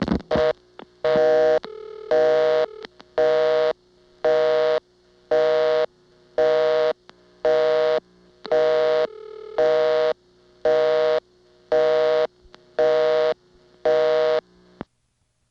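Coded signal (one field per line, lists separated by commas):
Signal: telephone call progress tone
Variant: North America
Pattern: busy tone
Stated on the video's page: Siemens motor switch telephone exchange signalling at Ocala-Silver Springs, Florida.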